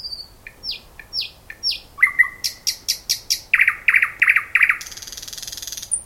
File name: thrush nightingale